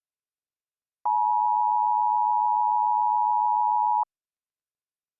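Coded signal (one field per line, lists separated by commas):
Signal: Emergency Alert System (SAME) tones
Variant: 853 and 960 Hz attention tone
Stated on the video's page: Fictional EAS scenario.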